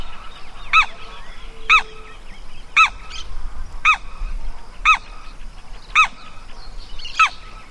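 Bird calls: loud, nasal honking notes, each a short arched note, repeated roughly once a second.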